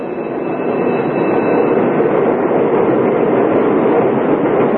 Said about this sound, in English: They stamp their feet against the cold. They exchange idle small talk till the big, shiny electric cars skitter to a stop along the platform and they scatter aboard and scramble for seats.